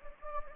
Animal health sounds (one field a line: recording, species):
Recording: mosquito wingbeat signal from an infrared sensor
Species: Anopheles gambiae